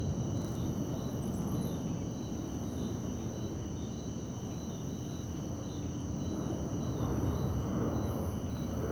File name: parque beija flor a noite com grilos, passos na grama, aviao passando e depois transito longe